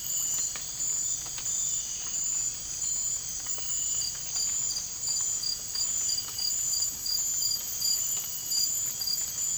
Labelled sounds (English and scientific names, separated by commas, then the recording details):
none
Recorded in dense forest near Puerto Asís, Putumayo, Colombia, on 20 December 2024 at 01:30
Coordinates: 0.481, -76.323
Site G100